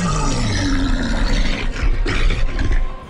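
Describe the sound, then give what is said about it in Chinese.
The giant ogre Gruul from World of Warcraft roars at a cliff edge beside a valley, a loud, deep, rasping bellow that rumbles on for about three seconds, swelling again midway before trailing off, with no talking. “格鲁尔缩到山谷旁的峭壁边，咆哮着，挑衅般地挺直了身子。”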